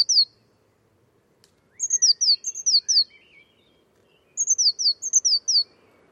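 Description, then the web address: Bird producing runs of high, sharp, falling notes in two main bouts, with some lower chirps between them. Bird-only recording, 2025. "cianscape birddata Deverinetal 2025 Bird Only Cy Ca"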